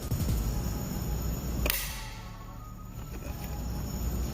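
The left radio mounting bracket for a 2003-2007 Honda Accord radio replacement is set into the holes on the plastic dash kit and pressed down over a steady background hum. It snaps on top with one sharp click at 1.7 s, and the bracket is seated in place.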